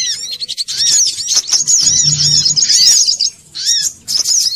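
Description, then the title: Little spiderhunter song, dense high chattering of rapid repeated sharp down-slurred notes with brief pauses. Bird-training (masteran) song. "Masteran Burung Sogok Ontong Labaik"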